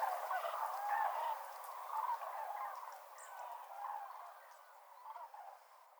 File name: grues cendrees Vision de Villeneuve Arjuzanx F